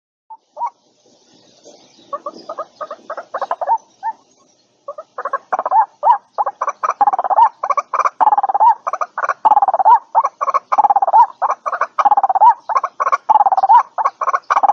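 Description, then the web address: White-breasted waterhen calls begin faint and sparse, then build into a dense, continuous run of rapid croaks and rising notes. Lure call used for attracting and trapping birds. "tieng quoc keu moi chuan goi bay"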